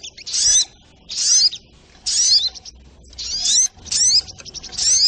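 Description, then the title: Little Spiderhunter song made of sharp, high chirp bursts, several phrases with quiet gaps between. Training recording (masteran) of the sogok ontong's song, labelled 'labaik'. "Masteran Burung Sogok Ontong Labaik"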